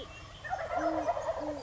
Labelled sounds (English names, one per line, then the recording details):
Great Horned Owl
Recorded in Sonoma County, California